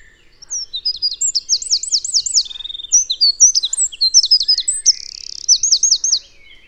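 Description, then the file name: Eurasian wren song, a loud, fast run of high chirps, sweeping notes and rattling trills lasting about six seconds, with quiet pauses at start and end. "Troglodytes troglodytes"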